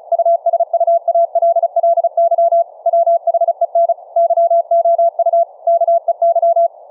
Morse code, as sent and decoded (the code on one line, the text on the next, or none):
..- ... ..- .- .-.. .-.. -.-- / .-- .... . -. / -.-- --- ..- / -.- . -.--
USUALLY WHEN YOU KEY